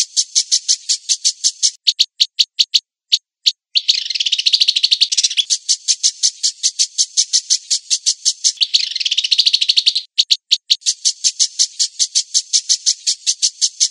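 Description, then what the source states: Long-tailed shrike song: rapid repeated high chirps in quick bursts, broken by two denser, scratchy warbled passages, over a silent background. Song in the combination style, locally called kombinasi.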